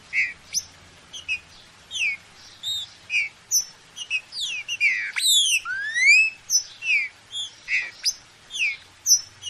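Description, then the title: Green-winged saltator singing bright whistled notes, rising and falling, with a longer swooping phrase midway, over a quiet background. Classic song style (canto clássico), for training. "Canto Clássico Trinca Ferro TREINAMENTO"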